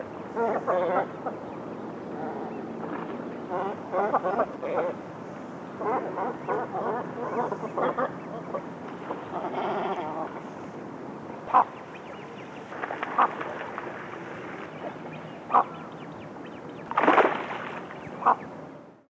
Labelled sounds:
Great Cormorant (Phalacrocorax carbo)
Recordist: Tembrock, Günter
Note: Rufe

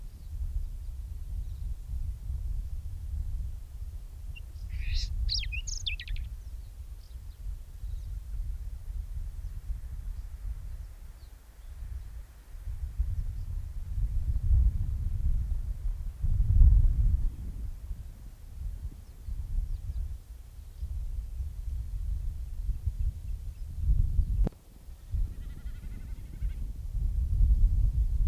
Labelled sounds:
Whinchat (Saxicola rubetra) song
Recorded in the wild
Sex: male
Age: adult
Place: Höhbeck, OT Restorf, Niedersächsische Elbtalaue, Niedersachsen, DE
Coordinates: 53.0414, 11.4453
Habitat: floodplain
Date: 1969-05-26
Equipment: Uher 4000 Report-S, Bändchenmikro Beyer M 260, Parabolspiegel Polyester (470 mm)
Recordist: Conrads, Klaus

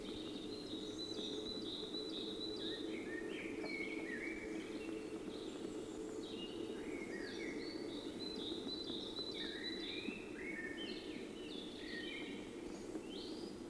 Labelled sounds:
Eurasian Hobby (Falco subbuteo) call
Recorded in the wild
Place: Kuchelmiß, Mecklenburg-Vorpommern, DE
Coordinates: 53.667, 12.347
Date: 1980-04-29 16:25
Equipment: Nagra III BH, Sennheiser MD 21, parabola
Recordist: Schubert, Michael

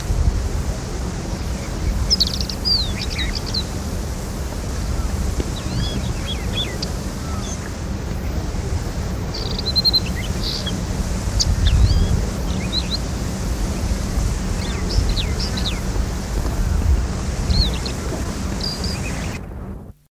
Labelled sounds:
Variable Wheatear (Oenanthe picata) song
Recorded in the wild
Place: Jodhpur, IN
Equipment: Halbspur, 9,5 cm/s
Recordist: Lütgens, Hans
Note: Westlich Jodhpur, Gesang

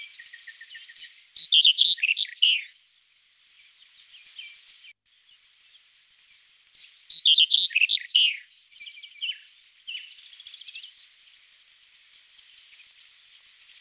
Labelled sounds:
Red-headed Bunting (Emberiza bruniceps) song
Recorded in the wild
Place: Tahtakaraca-Pass 1788 m (Alexanderpass), UZ
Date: 2001-05-22
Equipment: MiniDisc Sharp MT 20 H
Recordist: Schwarz, Dieter
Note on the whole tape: Song

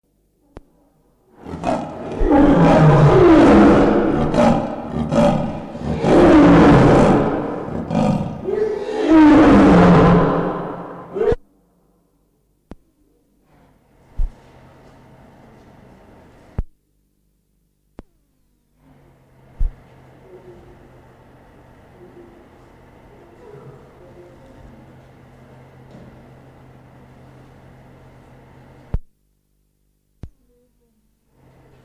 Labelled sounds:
Lion (Panthera leo) call
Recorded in captivity
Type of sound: call sequence
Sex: female
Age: adult
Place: Zoo Leipzig, Sachsen, DE
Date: 1959-09-18 12:55
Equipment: Reporter (Vollspur)
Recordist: TSA
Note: Rufe aus der Rufreihe. Abstand 1,5 m. Aufnahmezeit: 12.55-14.00 Uhr

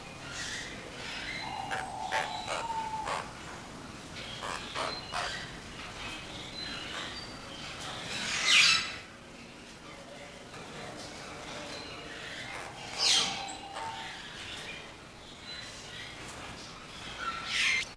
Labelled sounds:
Guira Cuckoo (Guira guira)
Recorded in captivity
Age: adult
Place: Zoo Berlin, Berlin, DE
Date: 1992-05-09 10:34
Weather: wechselnd wolkig, böiger Wind, 10-12°C
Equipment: Nagra SN, Mikrofon AKG CK 8, Kopie Tesla B 116
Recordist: Tembrock, Günter

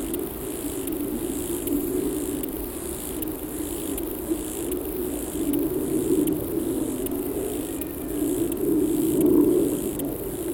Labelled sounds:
Lesser Marsh Grasshopper (Chorthippus albomarginatus) stridulation
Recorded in the wild
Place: Eutin, Holsteinische Schweiz, Schleswig-Holstein, DE
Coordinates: 54.132, 10.614
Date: 1992-09-15 12:15
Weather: wolkig-heiter, windig, 17°C
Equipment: Marantz CP 430, Sennheiser ME 80, Kopie Tesla B 116
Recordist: Tembrock, Günter

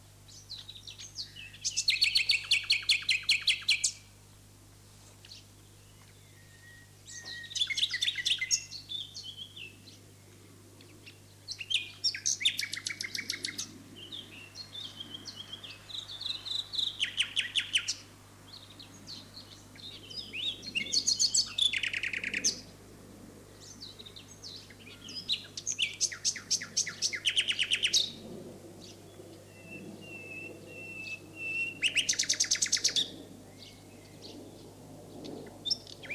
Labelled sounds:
Common Nightingale (Luscinia megarhynchos) song
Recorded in the wild
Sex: male
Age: adult
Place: Lübars, Sprintsteig, Berlin, DE
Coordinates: 52.6167, 13.3481
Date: 2006-04-30 19:24
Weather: sunny, 12°C
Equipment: Grundig CR 110, Sennheiser ME 80, Kopie Uher 4000 Report Monitor
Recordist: Tembrock, Günter
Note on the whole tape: Gesang (zusammenhängend aufgenommen). Lübars, am Sprintsteig

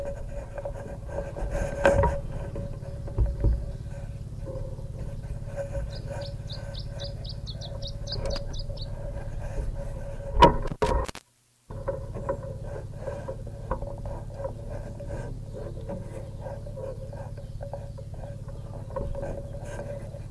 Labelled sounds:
Canary Islands Chiffchaff (Phylloscopus canariensis)
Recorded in the wild
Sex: diverse
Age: adult
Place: Privatpark "Chiripa" und Botanischer Garten in Puerto de la Cruz, Teneriffa, Teneriffa, Kanarische Inseln, ES
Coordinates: 28.4094, -16.5447
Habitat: park
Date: 1964-04-28 11:00
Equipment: Nagra III PH, Parabolspiegelmikrophon, LGS26
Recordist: Faber, A. and Schneider, H.-J
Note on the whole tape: Phylloscopus canariensis (inzwischen eigene Art). Gesänge mit Schlußbeschleunigungen. Weibchen-Lock- bzw. Warnrufe

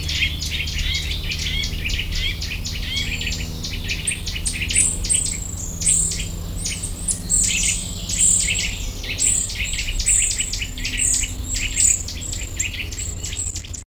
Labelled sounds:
Eurasian Nuthatch (Sitta europaea) call
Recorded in the wild
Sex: group
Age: diverse
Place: Potsdam-Telegrafenberg, Brandenburg, DE
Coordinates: 52.3814, 13.0644
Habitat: park
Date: 1996-06-07 19:16
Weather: sunny
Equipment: Sony MD-WM MZ-R3, Sennheiser MKH 416 T, Kopie Uher 4000 Report Monitor
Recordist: Tembrock, Günter
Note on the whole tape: "Familie" mit diversen Lautformen, längere Strecke, am Einsteinturm

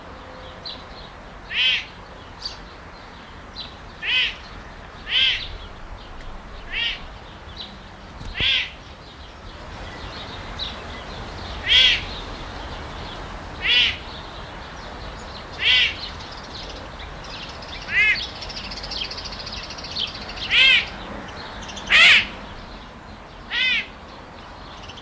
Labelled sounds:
Serval (Leptailurus serval) call
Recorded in captivity
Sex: female
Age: adult
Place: Zoo Halle, Sachsen-Anhalt, DE
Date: 1993-04-26 15:20
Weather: fair, 26 °C
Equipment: Sony WM-D6C, Sony ECM-939 LT, Kopie Uher Variocord 263
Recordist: Tembrock, Günter

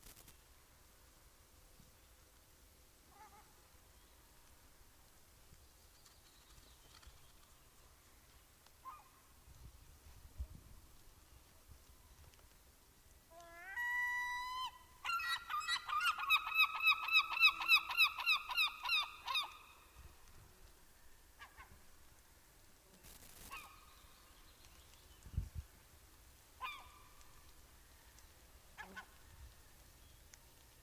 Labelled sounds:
Common Gull (Larus canus) call
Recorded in the wild
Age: adult
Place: Halbinsel Kindo, Karelien, RU
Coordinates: 66.5514, 33.0908
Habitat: taiga
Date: 1991-07-23 10:13
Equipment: Uher 4000 Report Monitor ME 80, K 30 AV, Original
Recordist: Frommolt, Karl-Heinz
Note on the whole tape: Auf Hochspannungsleitung: gezogene Rufe

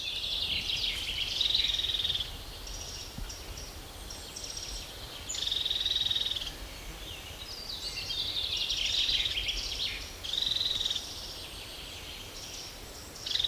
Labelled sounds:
European Crested Tit (Lophophanes cristatus) call
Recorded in the wild
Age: adult
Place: Mühlenbecker Wald, Brandenburg, DE
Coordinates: 52.7, 13.4
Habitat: waterhead
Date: 1988-07-10 11:41
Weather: overcast, 17-20°C, winds
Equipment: Sony WM-D6C, Kopie Tesla B 116
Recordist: Tembrock, Günter

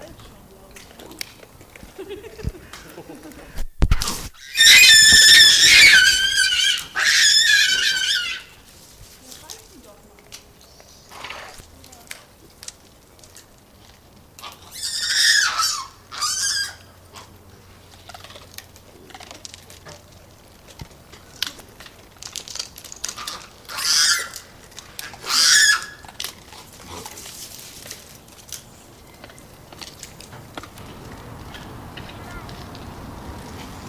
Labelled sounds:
Hamadryas Baboon (Papio hamadryas)
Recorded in captivity
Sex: group
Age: adult
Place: Tierpark Carl Hagenbeck, Hamburg, DE
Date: 2000-11-26 10:26
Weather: wolkig, 5-6°C
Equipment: Nagra SN, Kopie Uher 4000 Report Monitor
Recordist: Tembrock, Günter

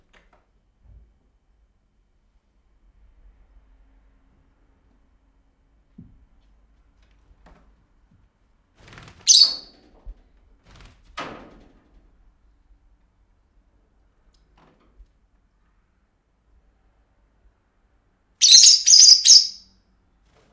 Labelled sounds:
Fischer's Lovebird (Agapornis fischeri)
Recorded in captivity
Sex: pair
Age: adult
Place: Zepernick, Barnim, Brandenburg, DE
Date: 2005-03-23 12:27
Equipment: Tascam DA-P1, Sennheiser MKH 70, Windschutz
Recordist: Frommolt, Karl-Heinz
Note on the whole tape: In Zimmervoliere gehaltenes Geschwisterpaar (geschlüpft Anfang August 2000): Balz und Fluggeräusche. Erste Rufe übersteuert!!! Entfernung 2 m

